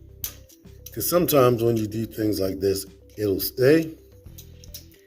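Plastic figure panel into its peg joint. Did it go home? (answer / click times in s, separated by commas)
partly / 4.8 s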